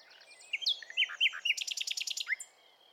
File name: Luscinia megarhynchos